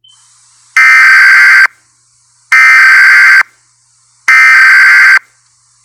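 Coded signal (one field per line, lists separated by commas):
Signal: Emergency Alert System (SAME) tones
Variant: header bursts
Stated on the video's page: Fictional mini scenario made with EAS tones.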